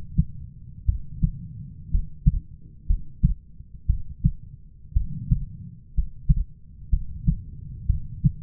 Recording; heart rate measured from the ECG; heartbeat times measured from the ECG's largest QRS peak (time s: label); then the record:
heart sounds by stethoscope; 60 bpm
0.85 s: heartbeat
1.91 s: heartbeat
2.87 s: heartbeat
3.86 s: heartbeat
4.93 s: heartbeat
5.94 s: heartbeat
6.90 s: heartbeat
7.86 s: heartbeat
From the record:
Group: healthy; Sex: female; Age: 37 years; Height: 168 cm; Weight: 70 kg